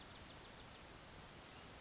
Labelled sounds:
Grasshopper Sparrow
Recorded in Sonoma County, California

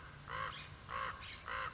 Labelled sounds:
Common Raven
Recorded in Sonoma County, California

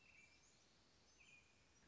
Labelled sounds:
American Robin
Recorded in Sonoma County, California

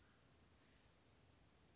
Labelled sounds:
Western Flycatcher
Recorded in Sonoma County, California

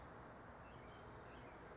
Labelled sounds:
California Towhee
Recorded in Sonoma County, California

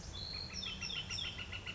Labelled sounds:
Northern Flicker
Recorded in Sonoma County, California

